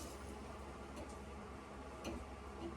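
A rebound adjuster component is slid back along the rebound adjustment rod and lined up in the fork cartridge of a 2012 KX250F during a fork seal job, before being pushed home. Only light ticking handling sounds are heard over a steady low background, with no distinct hits. Nothing has seated or clicked into place yet.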